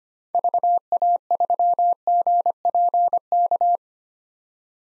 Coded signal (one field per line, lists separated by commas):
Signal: Morse code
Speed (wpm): 25 wpm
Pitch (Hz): 700 Hz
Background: none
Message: VA3GPK